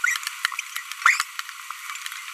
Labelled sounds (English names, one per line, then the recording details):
Green-rumped Parrotlet babbling
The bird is a female
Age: 23 days
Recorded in a nest box in Venezuela
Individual 17B42B2